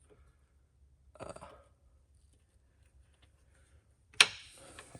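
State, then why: Released. A wiring connector is pushed out of the aluminium rocker box of a 6.0 Powerstroke engine with a socket during head gasket replacement teardown. After a brief rustle of handling around 1.2–1.6 s, a sharp metallic pop rings out at 4.2 s as the socket hits the rocker box and the connector is released.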